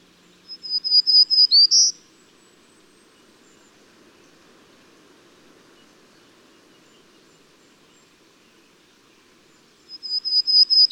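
Bird song: a fast run of high, level notes ending in a rising flourish, repeated after roughly eight quiet seconds; light background hiss throughout.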